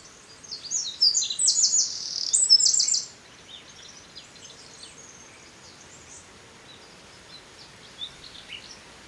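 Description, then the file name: Eurasian wren delivering a shrill, rapid song of twitters and trills for about three seconds, followed by a long quiet stretch with scattered faint high notes. "Troglodytes troglodytes"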